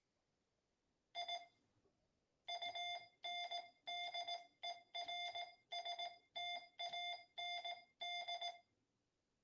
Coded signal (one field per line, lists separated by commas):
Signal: Morse code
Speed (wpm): 18 wpm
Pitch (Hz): 700 Hz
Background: none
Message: I UNDERSTAND